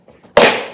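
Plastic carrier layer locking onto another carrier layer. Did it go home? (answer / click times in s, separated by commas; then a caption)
yes / 0.4 s. Two layers of a plastic food storage carrier are stacked and snapped together, locking with a single loud, sharp snap at 0.4 s. Only faint low handling sounds come before it, and the snap rings out briefly as it fades. The layers are seated and locked together.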